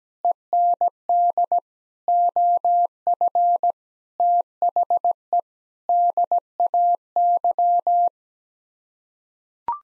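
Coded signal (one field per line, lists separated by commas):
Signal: Morse code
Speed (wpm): 17 wpm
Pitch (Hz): 700 Hz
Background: none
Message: END OF THE DAY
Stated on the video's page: Morse head-copy practice at 17 wpm: common seven-word groups, each sent in Morse, then spoken, then sent again.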